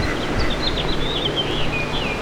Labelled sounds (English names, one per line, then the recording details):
House Finch song
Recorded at Babylon on Long Island, New York, on 18 May 2013
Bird C